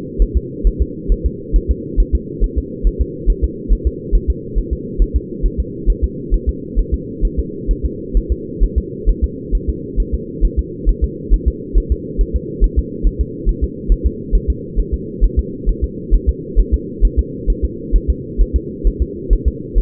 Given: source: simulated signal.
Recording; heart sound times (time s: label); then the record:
fetal heart sounds
0.22 s: S1
0.37 s: S2
0.67 s: S1
0.82 s: S2
1.12 s: S1
1.26 s: S2
1.56 s: S1
1.71 s: S2
2.00 s: S1
2.15 s: S2
2.44 s: S1
2.58 s: S2
2.87 s: S1
3.02 s: S2
3.30 s: S1
3.44 s: S2
3.73 s: S1
3.87 s: S2
4.15 s: S1
4.30 s: S2
4.58 s: S1
4.73 s: S2
5.02 s: S1
5.16 s: S2
5.46 s: S1
5.60 s: S2
5.90 s: S1
6.04 s: S2
6.34 s: S1
6.49 s: S2
6.79 s: S1
6.94 s: S2
7.25 s: S1
7.39 s: S2
7.71 s: S1
7.86 s: S2
8.17 s: S1
8.32 s: S2
8.64 s: S1
8.78 s: S2
9.09 s: S1
9.24 s: S2
9.55 s: S1
9.69 s: S2
10.00 s: S1
10.14 s: S2
10.45 s: S1
10.59 s: S2
10.89 s: S1
11.04 s: S2
11.34 s: S1
11.48 s: S2
11.78 s: S1
11.92 s: S2
12.21 s: S1
12.36 s: S2
12.64 s: S1
12.79 s: S2
13.07 s: S1
13.21 s: S2
13.49 s: S1
13.64 s: S2
13.92 s: S1
14.07 s: S2
14.35 s: S1
14.50 s: S2
14.80 s: S1
14.94 s: S2
15.24 s: S1
15.39 s: S2
15.69 s: S1
15.84 s: S2
16.15 s: S1
16.29 s: S2
16.60 s: S1
16.74 s: S2
17.05 s: S1
17.19 s: S2
17.50 s: S1
17.65 s: S2
17.96 s: S1
18.10 s: S2
18.41 s: S1
18.56 s: S2
18.87 s: S1
19.02 s: S2
19.33 s: S1
19.48 s: S2
19.79 s: S1
From the record:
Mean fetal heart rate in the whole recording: 135 bpm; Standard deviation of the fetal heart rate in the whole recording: 3 bpm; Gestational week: 36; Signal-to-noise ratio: -4.1 dB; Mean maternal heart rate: no maternal heart sound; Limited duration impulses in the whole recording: absent